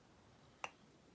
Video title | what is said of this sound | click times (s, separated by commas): Testing the Contender after re- bedding in 44 mag. | And you can hear sometimes you can hear a pop. | 0.6 s